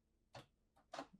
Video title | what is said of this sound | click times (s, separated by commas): 2026 Newmar Northern Star Operational Overview | You can hear it lock. | 0.4 s, 0.9 s